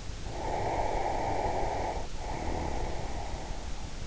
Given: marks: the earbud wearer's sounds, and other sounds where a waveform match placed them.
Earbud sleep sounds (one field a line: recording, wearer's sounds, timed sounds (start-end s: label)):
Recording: sounds in sleep by an in-ear microphone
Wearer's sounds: breath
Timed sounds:
0.13-3.71 s: breath